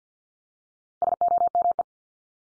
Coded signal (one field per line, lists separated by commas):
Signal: Morse code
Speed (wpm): 50 wpm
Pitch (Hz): 700 Hz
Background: none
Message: SOME